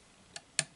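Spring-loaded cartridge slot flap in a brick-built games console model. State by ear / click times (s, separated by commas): not seated / none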